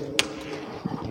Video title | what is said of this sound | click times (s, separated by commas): Different Agri Spray Machinery for Orchards In AMRI Multan-- Emery Multan میں spray machinery کا دورہ | دیکھیں، جہاں پہ آپ نے کرنا ہے اس کو کر لیں، لاک کر دیں. یہ لاک ہو گیا. | 0.2 s